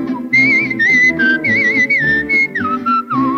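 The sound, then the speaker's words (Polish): A bright, cheerful whistled melody warbles and trills like a blackbird's song, held steady and loud over a lively instrumental accompaniment, with a few quick downward slides between phrases. “Jestem taki mały kos, który gwiżdże dzień i noc.”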